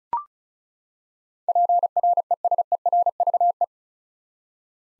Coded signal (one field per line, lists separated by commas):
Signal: Morse code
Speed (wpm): 34 wpm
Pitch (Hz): 700 Hz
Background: none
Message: PRESERVE